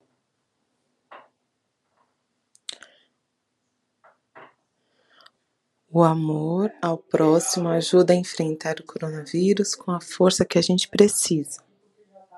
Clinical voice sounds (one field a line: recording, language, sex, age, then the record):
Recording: spoken sentence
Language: Brazilian Portuguese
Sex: female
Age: 40 to 49 years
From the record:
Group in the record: control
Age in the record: 43 years